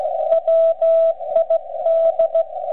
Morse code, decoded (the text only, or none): WID